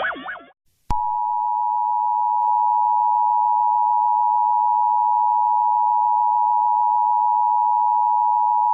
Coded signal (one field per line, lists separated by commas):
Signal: Emergency Alert System (SAME) tones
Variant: 853 and 960 Hz attention tone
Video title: EAS Scenario Story #7: World of Light: Chapter 3